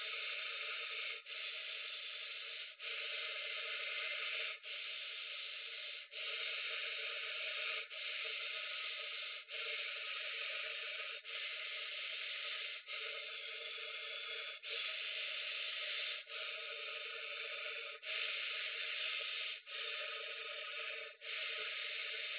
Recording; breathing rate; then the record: paced breathing near a phone; 18 breaths a minute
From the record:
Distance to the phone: 20 cm